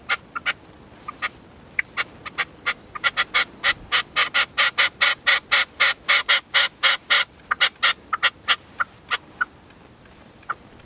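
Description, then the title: Partridge or tinamou song: scattered grating notes speed up into a dense, loud rhythmic burst midway, then thin out again, with steady background hiss. "Canto de Perdiz"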